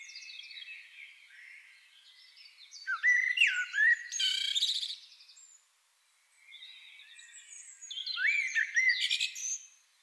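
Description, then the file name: Common blackbird giving two fluted warbling phrases, each ending in a loud, scratchy high twitter, separated by a brief pause. "Turdus merula"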